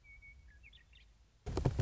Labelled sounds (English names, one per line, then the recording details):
Western Meadowlark
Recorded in Sonoma County, California